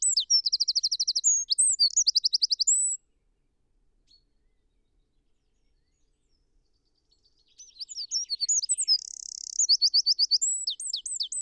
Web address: SETE Troglodytes troglodytes